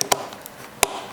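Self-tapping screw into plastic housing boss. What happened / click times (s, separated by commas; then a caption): The screw dropped into its existing thread with a click / 0.8 s. A self-tapping screw is turned backwards in a plastic screw boss of a night vision binocular housing until it drops into the thread it cut before. Faint ticks are heard early on, then a loud, sharp click at 0.8 s as it seats, put down to the coarse thread. The screw is seated.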